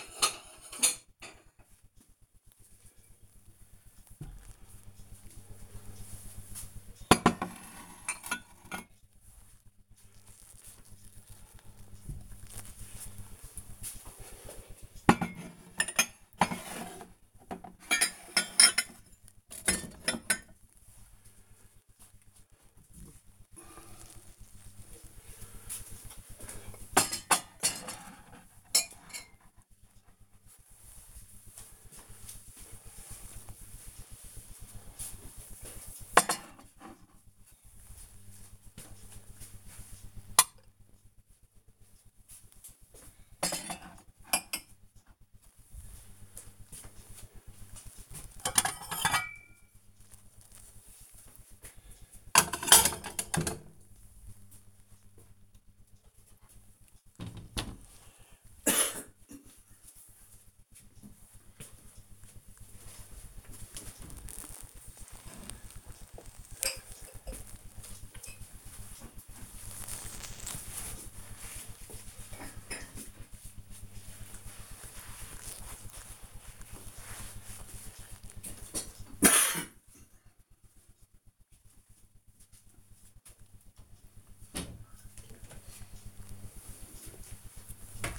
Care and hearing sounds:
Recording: household activities, microphone on the right wrist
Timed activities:
0.00-58.04 s: putting away the dishes

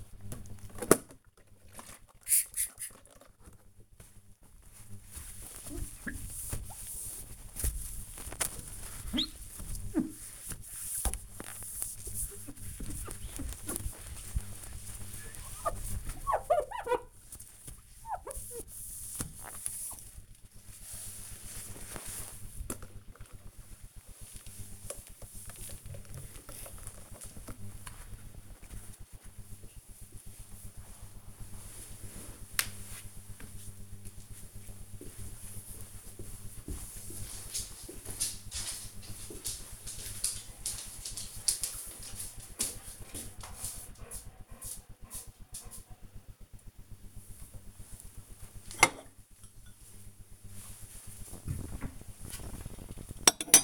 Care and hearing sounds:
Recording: household activities, microphone on the right wrist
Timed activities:
0.00-22.68 s: window cleaning
46.83-53.64 s: putting away the dishes

